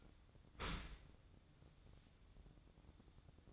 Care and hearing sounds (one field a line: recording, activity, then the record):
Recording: daily activity, microphone in the room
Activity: open dishwasher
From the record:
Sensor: 3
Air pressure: 1012.3 hPa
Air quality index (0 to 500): 164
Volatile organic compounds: 2 ppm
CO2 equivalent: 1260 ppm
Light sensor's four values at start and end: 564/1390/574/577 and 565/1391/575/577